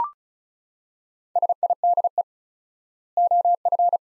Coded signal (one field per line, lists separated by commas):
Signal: Morse code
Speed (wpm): 34 wpm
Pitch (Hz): 700 Hz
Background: none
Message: SIDE OF